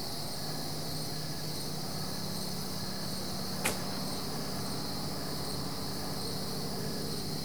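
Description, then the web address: Cricket chorus, a high unbroken buzz with repeated faint chirps, interrupted by a single sharp click midway, with a low hum beneath. Crickets at night, Goldens Bridge, New York State, USA; BBC Sound Effects Library, America CD. "The BBC Sound Effects Library - Complete 60 CDs Collection Sound Effects Library- (America) Goldens Bridge, NY State - crickets at night"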